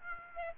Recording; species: mosquito wingbeat signal from an infrared sensor; Aedes aegypti